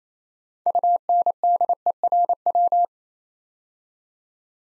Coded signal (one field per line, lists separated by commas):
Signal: Morse code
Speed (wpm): 27 wpm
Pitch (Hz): 700 Hz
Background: none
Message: UNDERW